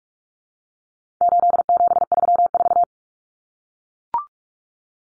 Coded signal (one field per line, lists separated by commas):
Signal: Morse code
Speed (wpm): 44 wpm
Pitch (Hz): 700 Hz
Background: none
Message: 8734